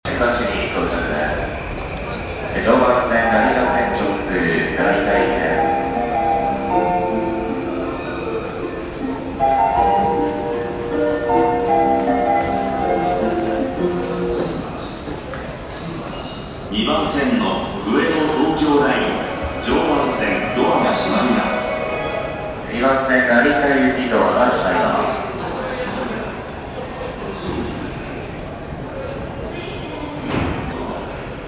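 A Japan Rail scene at Shimbashi, filled with constant overlapping voices and a steady low rumble underneath. A thin sustained tone runs through the first half, and the chatter thickens after about 16 seconds. Brief high squealing tones appear near 27 seconds.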